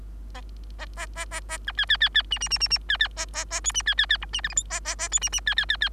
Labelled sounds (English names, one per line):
Bengalese Finch song